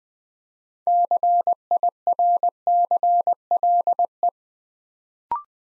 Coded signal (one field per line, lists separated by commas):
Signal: Morse code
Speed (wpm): 20 wpm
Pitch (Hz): 700 Hz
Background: none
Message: CIRCLE